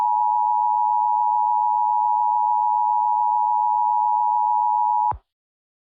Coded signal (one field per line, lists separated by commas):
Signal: Emergency Alert System (SAME) tones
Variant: 853 and 960 Hz attention tone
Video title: EAS MOCK For Civil Danger Warning